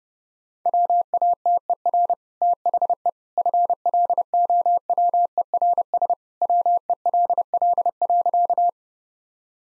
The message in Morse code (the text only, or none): WATER THE FLOWERS WELL.